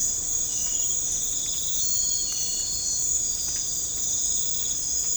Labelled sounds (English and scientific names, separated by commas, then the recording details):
none
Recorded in pastures near Puerto Asís, Putumayo, Colombia, on 18 December 2024 at 00:00
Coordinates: 0.496, -76.326
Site G004